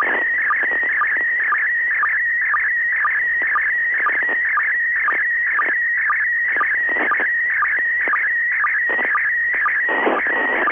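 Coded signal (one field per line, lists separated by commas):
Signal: SSTV (slow-scan television)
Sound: warbling tone near 1.9 kHz broken by short low sync chirps about twice a second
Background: radio static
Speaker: okay considering the static on the signal this didn't turn out too bad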